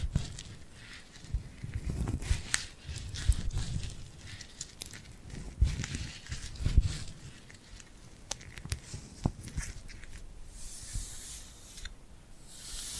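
Tingly glued hand sounds: sticky peeling and tapping with sharp crackles, irregular low thumps, and a brighter rustling burst near the end.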